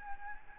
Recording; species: mosquito wingbeat signal from an infrared sensor; Aedes albopictus